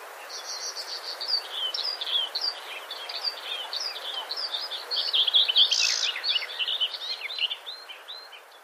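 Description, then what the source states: Large-billed reed warbler song: a continuous, jumbled chatter of quick, high, scratchy notes with varied pitch, swelling louder midway, over a steady soft hiss. Native to the Pamir Mountains in Tajikistan.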